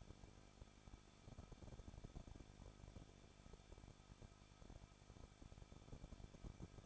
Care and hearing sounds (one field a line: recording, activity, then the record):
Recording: daily activity, microphone in the room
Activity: no activity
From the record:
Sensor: 5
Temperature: 20.8 degrees Celsius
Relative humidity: 38.6%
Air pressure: 1006.5 hPa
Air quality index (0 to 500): 192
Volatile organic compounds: 21 ppm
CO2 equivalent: 2716 ppm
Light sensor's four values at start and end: 2/3/1/1 and 2/3/1/1